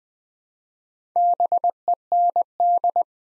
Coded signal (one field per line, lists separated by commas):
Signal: Morse code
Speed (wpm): 20 wpm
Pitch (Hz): 700 Hz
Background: none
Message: BEND